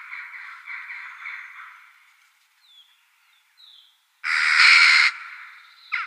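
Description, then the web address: Western jackdaw chattering that fades out, a brief lull, then one loud harsh squawking burst and a short sharp call at the end. "Schulze Peter Eurasian Jackdaw"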